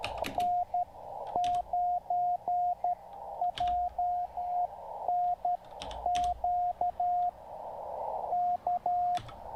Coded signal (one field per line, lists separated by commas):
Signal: Morse code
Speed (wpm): 12 wpm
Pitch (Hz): 720 Hz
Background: radio noise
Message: N9JNQ K